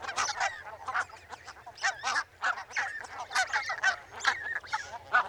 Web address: Barnacle